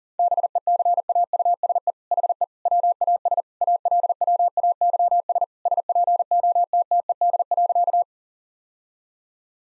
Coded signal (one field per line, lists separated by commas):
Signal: Morse code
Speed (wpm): 37 wpm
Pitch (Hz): 700 Hz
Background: none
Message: BECAUSE HE WAS ALWAYS SPOTTED.